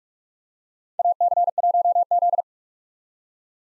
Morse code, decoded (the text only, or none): AC1Z